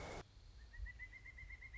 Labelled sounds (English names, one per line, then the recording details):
Pileated Woodpecker
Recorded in Sonoma County, California